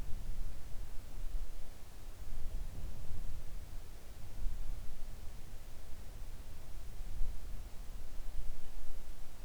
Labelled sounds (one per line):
wind